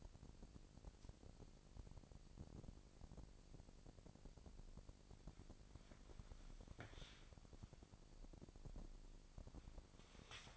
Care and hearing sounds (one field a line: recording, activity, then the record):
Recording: daily activity, microphone in the room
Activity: start toaster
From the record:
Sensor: 5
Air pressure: 1007.2 hPa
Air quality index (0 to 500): 127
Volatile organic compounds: 1 ppm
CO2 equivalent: 964 ppm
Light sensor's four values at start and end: 26/59/24/25 and 27/62/26/27